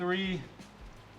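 A wiring harness connector is handled near an ignition coil on an Audi RS3/TTRS during a spark plug replacement, while someone talks over it. A strong voiced sound fills the first 0.4 seconds, followed by a quieter background with a faint burst around 0.6 seconds. Nothing has seated or clicked yet by the end of the clip.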